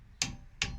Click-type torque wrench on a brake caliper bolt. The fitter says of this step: you will hear it click. So just, there you go, that's it.